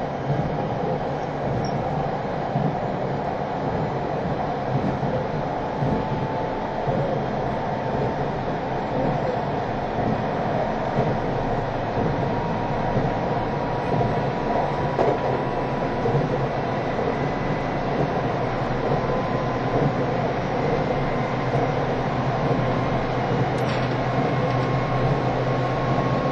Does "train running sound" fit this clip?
yes